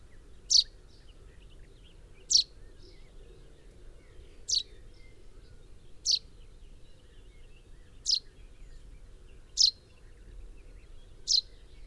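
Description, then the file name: Common chaffinch calling with seven clipped, piercing downward notes, roughly every two seconds, low hiss underneath. "Fringilla coelebs 180719"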